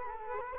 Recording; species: mosquito wingbeat signal from an infrared sensor; Culex quinquefasciatus